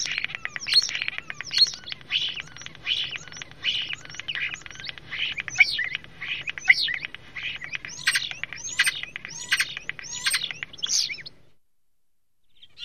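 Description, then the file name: Common starling song, a rambling run of varied whistles, clicks and rattling notes, with sharp high squeaks building toward the end before about a second of silence. "KOTTARAINEN"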